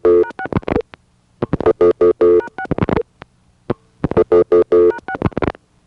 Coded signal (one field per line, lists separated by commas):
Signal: DTMF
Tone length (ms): 80 ms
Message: #6 #6 #6